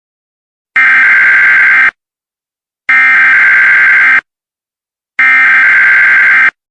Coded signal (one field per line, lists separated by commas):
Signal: Emergency Alert System (SAME) tones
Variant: header bursts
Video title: eas tv green screen